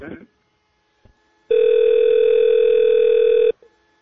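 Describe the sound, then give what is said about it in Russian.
A steady, loud electronic telephone tone holds one even pitch for about two seconds, then cuts off abruptly. A brief voice sounds just before it, and the rest is near silence. “Что за хуеплёт, блядь, звонит нам?”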